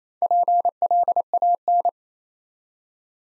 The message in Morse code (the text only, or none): PLAN